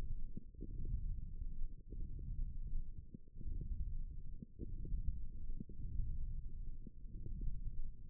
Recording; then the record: forearm muscle sounds (acoustic myography)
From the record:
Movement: wrist extension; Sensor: system 1, eight BSWA MPA416 microphones around the upper forearm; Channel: 4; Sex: female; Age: 22 years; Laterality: right